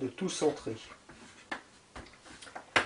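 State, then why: Seated. A wooden box kit panel with 45-degree notches is pressed onto the box uprights while someone talks. A few light knocks come before a sharp click at 2.8 s as the part snaps into place. The panel is seated.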